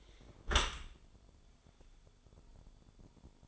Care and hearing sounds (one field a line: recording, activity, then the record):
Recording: daily activity, microphone in the room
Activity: close dishwasher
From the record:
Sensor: 5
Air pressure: 1015.0 hPa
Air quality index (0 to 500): 167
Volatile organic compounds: 5 ppm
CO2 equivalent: 1801 ppm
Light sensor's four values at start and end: 38/88/36/37 and 38/90/37/40